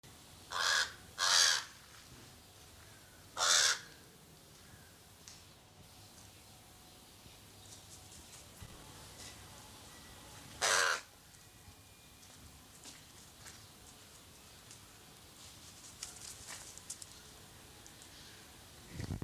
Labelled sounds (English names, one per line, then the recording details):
Pied Crow call
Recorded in captivity
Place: Zoo Berlin, Berlin, DE
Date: 2003-11-13 15:50
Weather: fair, ca. 0°C
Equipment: Fair Mate ST-1328 (Asahi Electronics, Japan), Sennheiser ME 80, Kopie Uher 4000 Report Monitor
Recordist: Tembrock, Günter